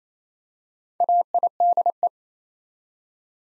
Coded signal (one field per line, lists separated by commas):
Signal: Morse code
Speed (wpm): 28 wpm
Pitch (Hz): 700 Hz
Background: none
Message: AIDE